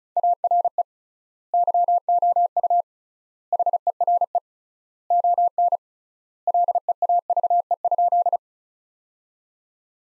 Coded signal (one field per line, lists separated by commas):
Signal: Morse code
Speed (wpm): 34 wpm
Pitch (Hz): 700 Hz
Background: none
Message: ARE YOU HERE ON LEAVE?